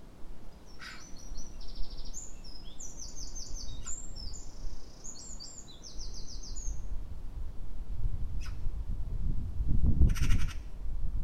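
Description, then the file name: Eurasian wren song: a long stream of rapid, high trilled phrases lasting several seconds, followed by a short noisy burst and low rumbling near the end. "Troglodytes troglodytes"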